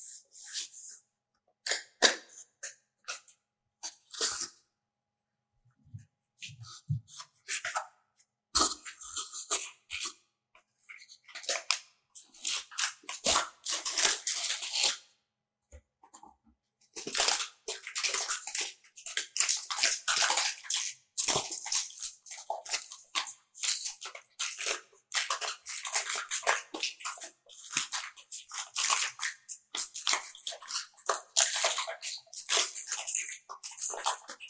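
Sticky double-sided nano tape is pulled and stretched into a bubble, giving bright crackling and peeling bursts in irregular runs. Short quiet gaps fall around five and sixteen seconds, and the tacky crackle grows denser and more continuous through the second half.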